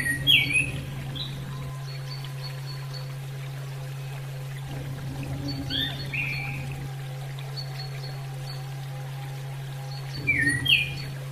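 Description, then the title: Bird chirps: short sweeping notes in brief bursts near the start, middle and end, over a loud steady low hum and rustling noise. "SuaraBurung Kicau"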